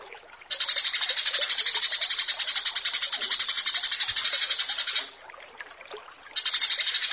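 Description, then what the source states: Horsfield's bush lark singing a long, fast, rasping pulsed phrase, then a short pause with faint high notes, then the buzzy stream resumes. Song tutoring (masteran) for training kept birds, set against 'burger' sounds.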